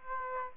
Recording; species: mosquito wingbeat signal from an infrared sensor; Aedes aegypti